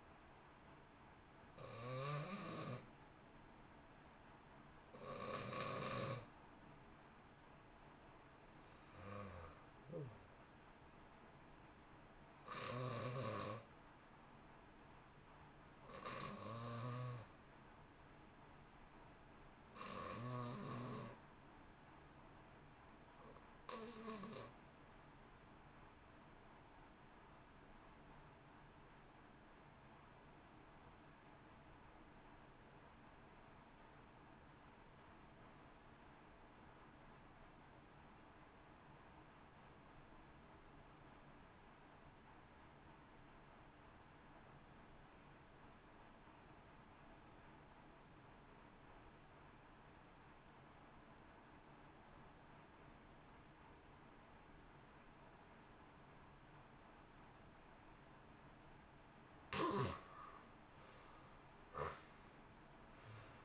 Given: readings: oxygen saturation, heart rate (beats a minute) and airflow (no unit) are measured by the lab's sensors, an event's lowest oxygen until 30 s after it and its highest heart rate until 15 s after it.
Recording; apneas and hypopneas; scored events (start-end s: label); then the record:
breathing in sleep by a voice recorder at the bedside; 1
17.00-57.30 s: hypopnea (N1, oxygen 94% highest, then 66% lowest, heart rate 62 at the start, 79 highest)
From the record:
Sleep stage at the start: N1 (lightest sleep); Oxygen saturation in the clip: 78 to 94%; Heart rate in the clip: 57 to 71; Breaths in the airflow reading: 24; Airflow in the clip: -0.6 to 1.6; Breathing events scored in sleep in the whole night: 328 in 6.3 hours asleep